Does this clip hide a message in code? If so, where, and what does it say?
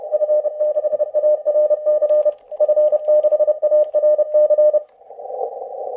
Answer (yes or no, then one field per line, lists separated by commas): yes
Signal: Morse code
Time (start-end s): 0.1-4.8 s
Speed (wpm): 28 wpm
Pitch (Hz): 600 Hz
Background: none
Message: F6ARC F6ARC